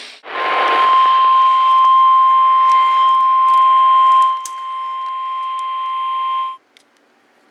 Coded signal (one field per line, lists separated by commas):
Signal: Emergency Alert System (SAME) tones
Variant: 1050 Hz attention tone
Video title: EAS alerts from 8/14/25 - 8/25/25 (EAS #61-70)